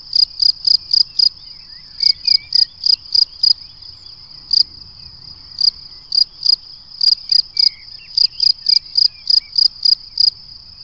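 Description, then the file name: Cricket giving rapid high-pitched chirps in bursts with short gaps. "Le chant du grillon"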